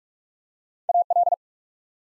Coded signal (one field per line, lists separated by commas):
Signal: Morse code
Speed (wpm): 44 wpm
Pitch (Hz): 700 Hz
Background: none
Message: A L